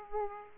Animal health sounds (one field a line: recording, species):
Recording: mosquito wingbeat signal from an infrared sensor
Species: Aedes aegypti